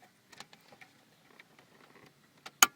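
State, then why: Seated. A plastic wiring harness connector is plugged back into the HVAC control module behind the dash of a Pontiac, to avoid error codes from the HVAC system. Faint ticks and rustling lead up to a single sharp, loud snap at 2.6 s as the connector clicks in and seats.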